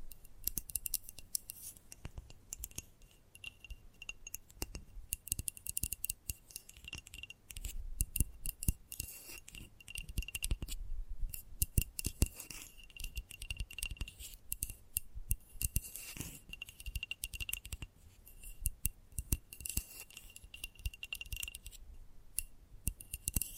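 Gentle tapping runs throughout, a dense stream of quick, irregular clicks with a bright, crisp edge, some with a glassy clink. The pace varies, bunching into busier flurries around 7, 11 and 16 seconds. A faint, steady high tone sits underneath most of the way.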